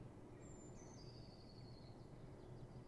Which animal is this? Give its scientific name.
Cyanistes caeruleus